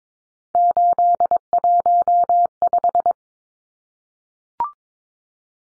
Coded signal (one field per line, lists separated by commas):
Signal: Morse code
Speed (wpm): 22 wpm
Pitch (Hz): 700 Hz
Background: none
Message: 815